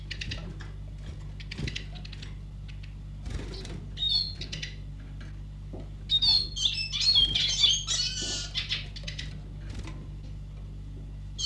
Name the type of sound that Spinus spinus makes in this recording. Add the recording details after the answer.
call. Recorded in captivity. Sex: diverse. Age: adult. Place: Zoologisches Institut Universität Tübingen, Baden-Württemberg, DE. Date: 1958-05-05. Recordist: TSA